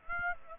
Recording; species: mosquito wingbeat signal from an infrared sensor; Aedes aegypti